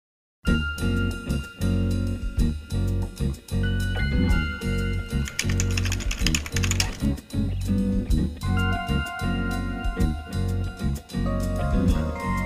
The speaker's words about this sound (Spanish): Bueno, salió al aire el tecleo, ¿viste?